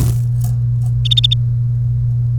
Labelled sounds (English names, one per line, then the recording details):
Domestic Canary song
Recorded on 1 May 2018 at 10:02
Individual llb3